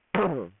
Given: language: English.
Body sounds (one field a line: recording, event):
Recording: throat vibration sensor signal played as sound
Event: throat clearing